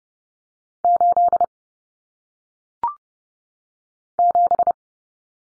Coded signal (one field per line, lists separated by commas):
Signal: Morse code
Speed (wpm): 30 wpm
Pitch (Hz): 700 Hz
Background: none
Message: 8 7